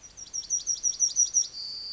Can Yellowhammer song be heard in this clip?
yes